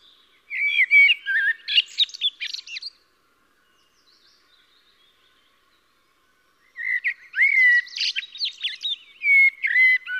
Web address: SETE data Turdus merula